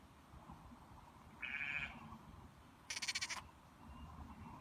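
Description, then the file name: Sheep: lamb gives two brief bleats about a second and a half apart, the second harsher and more broken, over a soft low rumble. Young lamb bleating (baaing). "Cute baby lamb bleating - Baby lamb makes baaing sounds"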